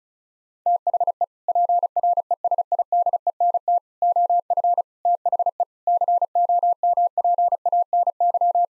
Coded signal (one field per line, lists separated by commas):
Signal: Morse code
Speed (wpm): 36 wpm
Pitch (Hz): 700 Hz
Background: none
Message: THE PRESIDENT OF THE COMPANY